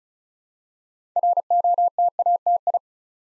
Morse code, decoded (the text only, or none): ROTATI